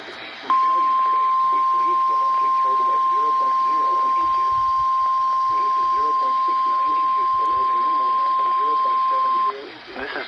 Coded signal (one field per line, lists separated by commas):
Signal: Emergency Alert System (SAME) tones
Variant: 1050 Hz attention tone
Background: speech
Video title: Required Weekly Test on WXL50 and WXL58 from January 7, 2025 (EAS #161 - #162)